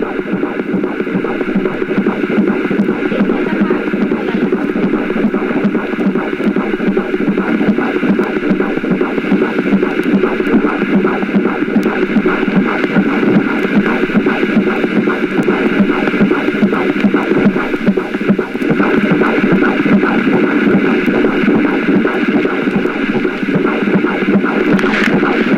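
An unborn baby's heartbeat picked up by a microphone on a pregnant belly: a steady, rapid, muffled whooshing pulse that repeats continuously and loudly over a dense rumbling wash, with no voices.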